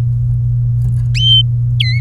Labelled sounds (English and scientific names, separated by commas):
Domestic Canary (Serinus canaria) song